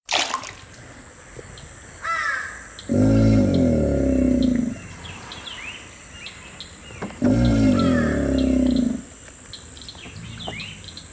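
Alligator snoring: two long, low, rasping breaths about four seconds apart, each lasting close to two seconds, over a steady high-pitched background hum.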